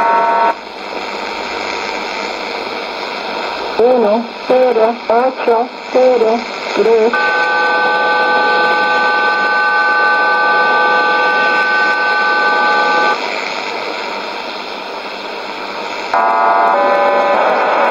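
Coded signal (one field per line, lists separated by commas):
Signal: numbers station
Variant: HM01, Spanish voice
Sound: short spoken syllables, then several steady tones held together for about six seconds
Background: radio static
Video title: 24 10 2019 HM01 Cuban Spy Numbers station in Spanish 0547 on 11462 Bejucal, instead of 9330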